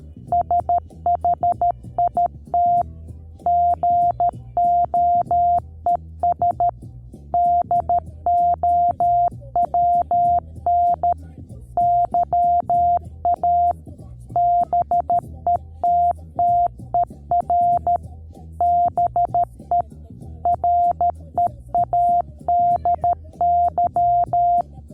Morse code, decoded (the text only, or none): SHIT GOES DOWN YA BETTER BE READY